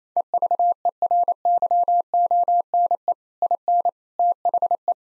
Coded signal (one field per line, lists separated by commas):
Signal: Morse code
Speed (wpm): 28 wpm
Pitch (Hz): 700 Hz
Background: none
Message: EVERYONE IN THE